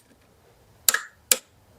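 A click-type torque wrench set to 25 Nm tightens the oil filter housing cap on a 2014-2024 Dodge Challenger engine. Two sharp clicks ring out at 0.9 s and 1.3 s, the first with a brief follow-on ring, confirming the wrench clicked at its setting.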